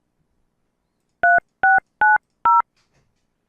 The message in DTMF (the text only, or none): 3690